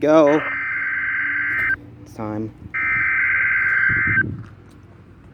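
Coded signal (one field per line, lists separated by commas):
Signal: Emergency Alert System (SAME) tones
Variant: header bursts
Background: speech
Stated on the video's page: Required monthly test on NOAA weather radio WXM62 Capitol Peak, issued for the ShakeOut earthquake drill.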